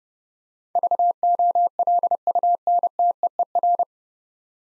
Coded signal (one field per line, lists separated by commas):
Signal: Morse code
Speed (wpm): 31 wpm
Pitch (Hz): 700 Hz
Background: none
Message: VOLUNTEER